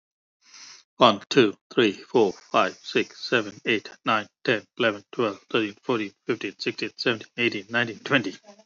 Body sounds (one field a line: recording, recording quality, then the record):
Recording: counting at a fast pace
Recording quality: excellent, no background noise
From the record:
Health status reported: healthy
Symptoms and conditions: diabetes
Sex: male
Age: 54 years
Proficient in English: yes